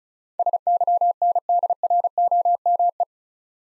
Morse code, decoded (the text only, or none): SYNDROME